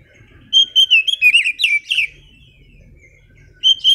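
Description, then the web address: Oriental magpie-robin song: a fast string of bright, slurred whistles lasting about a second and a half, then a pause and two more short whistles. Kacer audio used as a lure to get a bird that has stopped singing to start singing again; also serves as master training audio for kacer. "audio kacer-pancingan-macet-bunyi. masteran kacer"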